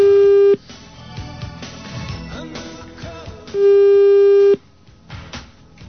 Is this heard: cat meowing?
no